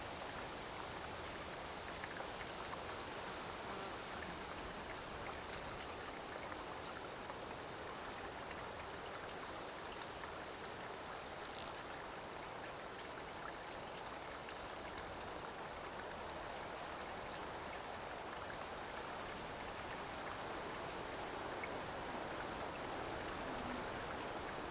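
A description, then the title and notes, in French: Upland bush-crickets stridulate in a dense, high, buzzing trill that switches on and off in long bursts of several seconds, with brief quieter gaps around 5, 12, 15 and 22 seconds. Beneath it lies a soft, steady outdoor hiss from a quiet mountain meadow. SAUTERELLE DE MONTAGNE. 16h10 - Vallon de Combeau - Vercors - Nagra seven - B&K omni. J'ai passé l'après-midi dans l'alpage à enregistrer toutes les bêtes qui crépitent, stridulent et bruissent. En début de soirée c'est au tour des Sauterelles cymbalières (Tettigonia cantans).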